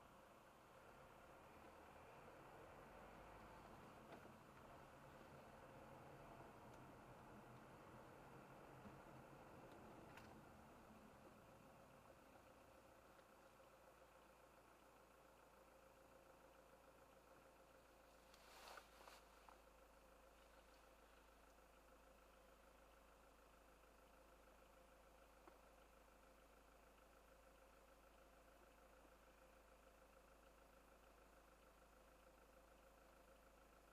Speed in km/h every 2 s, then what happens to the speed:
17, 26, 31, 34, 31, 13, 0, 0, 0, 0, 0, 0, 0, 0, 0, 0, 0.
0-5 speeds up to 34. 7-12 brakes to 0. 12-34 standing.